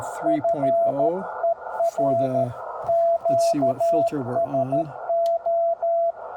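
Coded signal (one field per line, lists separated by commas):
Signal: Morse code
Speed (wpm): 13 wpm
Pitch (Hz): 670 Hz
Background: speech, radio noise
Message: FER QSO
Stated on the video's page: CW from a K2 transceiver with no options, heard during and after filter calibration.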